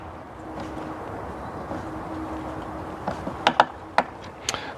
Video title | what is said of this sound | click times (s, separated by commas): Myenergy Zappi EV Charger Installation | and then just screw these up until we hear that clicking noise and that's all about maintaining the ip rating | 3.5 s, 3.6 s, 4.0 s, 4.5 s